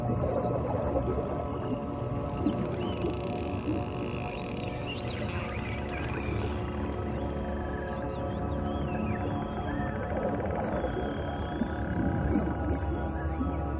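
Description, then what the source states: Dolphins whistling in wavering, looping squeals, set against continuous soft music with low humming tones. Dolphin sounds used in a meditation music track.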